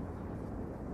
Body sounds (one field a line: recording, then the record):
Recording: background sound without coughing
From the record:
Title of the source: Train Ride Ambience ambient white noise for sleeping, focus, studying, reading